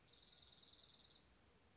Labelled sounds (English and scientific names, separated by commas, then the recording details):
Dark-eyed Junco (Junco hyemalis)
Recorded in Sonoma County, California